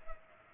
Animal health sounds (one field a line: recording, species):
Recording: mosquito wingbeat signal from an infrared sensor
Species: Culex pipiens